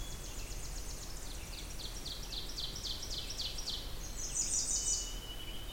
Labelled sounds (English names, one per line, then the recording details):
Ovenbird song
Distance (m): 60 m
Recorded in boreal forest in Alberta, Canada, on 20 June 2016 at 07:19
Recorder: SongMeter 3, array SBT-6-81
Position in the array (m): 30 m, 241 m
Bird 26